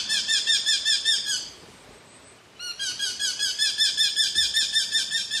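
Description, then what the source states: Eurasian Hobby call, a rapid run of sharp, high repeated notes that breaks off for about a second, then resumes at the same brisk pace. Raptor whose call resembles woodpeckers; the falcon most often detected by its call.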